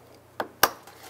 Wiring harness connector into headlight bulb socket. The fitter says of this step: install our connector press it until it clicks